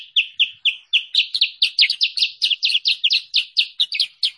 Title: Masteran Kutilang Sutra. suara pikat burung kutilang sutra